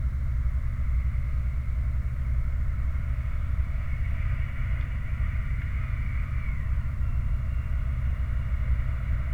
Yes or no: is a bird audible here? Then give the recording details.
no. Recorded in the Prudhoe Bay oil fields, Alaska, on 29 July 2019 at 05:45. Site 29